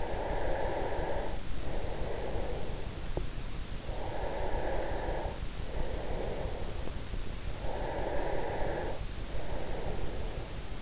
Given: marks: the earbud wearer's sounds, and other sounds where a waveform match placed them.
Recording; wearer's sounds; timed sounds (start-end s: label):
sounds in sleep by an in-ear microphone; breath
0.00-3.07 s: breath
3.96-7.07 s: breath
7.65-10.82 s: breath